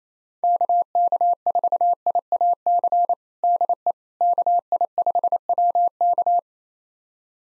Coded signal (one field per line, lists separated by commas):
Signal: Morse code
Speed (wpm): 27 wpm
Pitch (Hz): 700 Hz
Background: none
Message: KK4IAC DE KI5WK